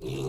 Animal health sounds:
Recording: pig call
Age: weaner (32 to 43 days)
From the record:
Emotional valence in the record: negative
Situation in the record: short isolation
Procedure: open field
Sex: female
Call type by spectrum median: low-frequency call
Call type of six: low-frequency stable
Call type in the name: low-frequency stable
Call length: 0.29 s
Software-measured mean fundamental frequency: 66 Hz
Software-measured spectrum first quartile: 218 Hz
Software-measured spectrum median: 394 Hz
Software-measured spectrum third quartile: 1054 Hz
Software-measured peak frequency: 390 Hz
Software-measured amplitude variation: 78 dB a second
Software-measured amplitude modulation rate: 23.8 a second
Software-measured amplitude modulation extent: 3.3 dB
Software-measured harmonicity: 2.3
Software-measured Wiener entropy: -1.73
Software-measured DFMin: 1577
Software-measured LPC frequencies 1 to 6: 377, 1000, 2715, 3639, 3985, 5903 Hz

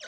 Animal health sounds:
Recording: pig call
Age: piglet (1 to 25 days)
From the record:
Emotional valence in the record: negative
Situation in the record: short isolation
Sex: female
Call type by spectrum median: high-frequency call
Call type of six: low-frequency tonal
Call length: 0.09 s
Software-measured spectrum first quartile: 1285 Hz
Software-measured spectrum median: 2700 Hz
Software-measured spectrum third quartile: 4862 Hz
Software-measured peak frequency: 1475 Hz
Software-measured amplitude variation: 58 dB a second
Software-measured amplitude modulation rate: 5.9 a second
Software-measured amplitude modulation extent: 9.9 dB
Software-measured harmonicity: 3.3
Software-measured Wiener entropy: -2.11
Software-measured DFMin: 844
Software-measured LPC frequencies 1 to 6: 630, 1527, 2210, 3053, 3760, 4521 Hz

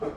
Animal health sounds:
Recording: pig call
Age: growing-finishing pig (85 days or more)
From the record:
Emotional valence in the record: positive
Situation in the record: run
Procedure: transit

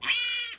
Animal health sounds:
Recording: pig call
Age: piglet (1 to 25 days)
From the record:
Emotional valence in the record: negative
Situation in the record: castration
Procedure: castration, fixation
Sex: male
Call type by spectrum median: high-frequency call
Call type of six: high-frequency stable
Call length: 0.60 s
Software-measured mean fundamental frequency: 127 Hz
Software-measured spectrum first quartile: 2678 Hz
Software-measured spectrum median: 3495 Hz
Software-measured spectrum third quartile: 6059 Hz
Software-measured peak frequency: 2412 Hz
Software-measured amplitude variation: 96 dB a second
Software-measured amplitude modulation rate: 19.3 a second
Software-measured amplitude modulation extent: 5.0 dB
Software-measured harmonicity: 7.2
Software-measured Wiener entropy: -2.46

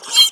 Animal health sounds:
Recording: pig call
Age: piglet (1 to 25 days)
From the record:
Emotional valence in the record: negative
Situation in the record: fighting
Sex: male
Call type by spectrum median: high-frequency call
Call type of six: mixed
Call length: 0.31 s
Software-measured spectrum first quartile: 3157 Hz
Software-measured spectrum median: 3795 Hz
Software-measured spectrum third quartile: 5199 Hz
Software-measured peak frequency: 3182 Hz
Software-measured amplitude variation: 153 dB a second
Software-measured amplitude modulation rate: 4.8 a second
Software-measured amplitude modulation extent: 32.1 dB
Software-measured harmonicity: 12.7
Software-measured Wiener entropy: -2.75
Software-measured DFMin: 795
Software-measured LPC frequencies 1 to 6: 1055, 3193, 4145, 5450, 6374, 7256 Hz

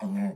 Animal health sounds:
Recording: pig call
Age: piglet (1 to 25 days)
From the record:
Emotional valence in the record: negative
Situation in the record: short isolation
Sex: male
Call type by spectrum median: low-frequency call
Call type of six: low-frequency modulated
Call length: 0.35 s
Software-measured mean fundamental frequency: 100 Hz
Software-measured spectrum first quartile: 199 Hz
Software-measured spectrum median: 234 Hz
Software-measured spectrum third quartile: 491 Hz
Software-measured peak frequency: 200 Hz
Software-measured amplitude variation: 87 dB a second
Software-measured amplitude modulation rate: 8.5 a second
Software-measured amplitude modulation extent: 10.2 dB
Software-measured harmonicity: 13.2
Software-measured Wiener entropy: -0.86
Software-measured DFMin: 660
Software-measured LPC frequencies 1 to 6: 1891, 2315, 3484, 4648, 5953, 7207 Hz

